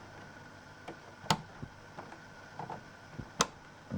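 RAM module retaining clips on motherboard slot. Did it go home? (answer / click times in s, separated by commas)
yes / 1.3 s, 3.4 s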